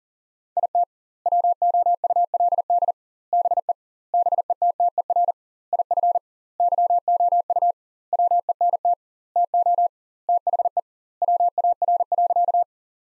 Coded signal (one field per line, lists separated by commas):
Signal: Morse code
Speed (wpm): 40 wpm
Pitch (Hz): 700 Hz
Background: none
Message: IT WOULD BE BETTER IF YOU WENT TO THE WAR.